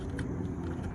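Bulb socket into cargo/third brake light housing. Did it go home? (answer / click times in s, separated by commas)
no / none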